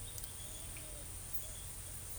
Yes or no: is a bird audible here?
yes